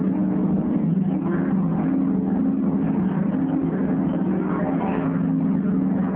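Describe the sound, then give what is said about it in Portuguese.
A motorboat appearing in the distance drones steadily, a low, even hum with a faint rough texture that holds at a constant loudness throughout, with no voices over it. “Eis não quando aparece ao longe de um barco”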